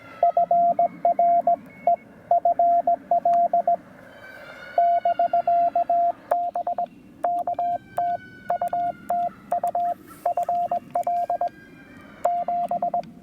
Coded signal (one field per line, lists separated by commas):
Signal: Morse code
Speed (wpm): 20 wpm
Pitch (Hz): 700 Hz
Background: radio noise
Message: FR EFL <BK> BK TU TU FL 7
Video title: The Amazing Penntek TR-45L: A Quick POTA Activation if the HF Bands Cooperate!